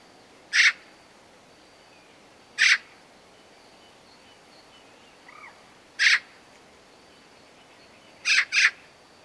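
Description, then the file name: Eurasian magpie calls, harsh rasping notes given singly or as a quick double, a few seconds apart, with a faint whistled note between; quiet background. "Pica pica"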